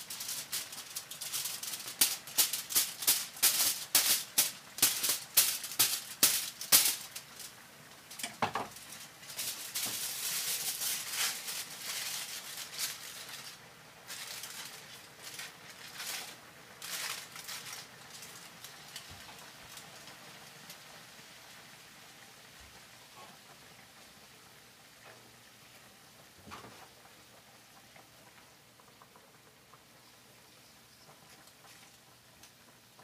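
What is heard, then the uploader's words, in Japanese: Food being prepared for bento: rapid crisp taps and clatter over the first half, a hissing burst near ten seconds, then sparse quiet clicks. 環境音 弁当用につくりおき。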